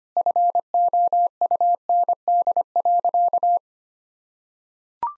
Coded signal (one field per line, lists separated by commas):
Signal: Morse code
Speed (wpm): 25 wpm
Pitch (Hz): 700 Hz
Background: none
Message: FOUND.